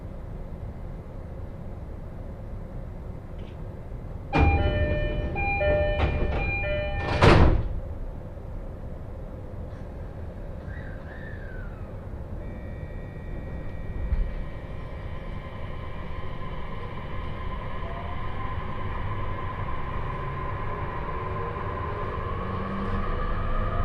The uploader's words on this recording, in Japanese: 耳で楽しむ鉄道旅 常磐線 原ノ町→富岡。車両はE531系の10両編成とこの地域に配置されるにしては長い編成という印象。